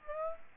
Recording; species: mosquito wingbeat signal from an infrared sensor; Aedes aegypti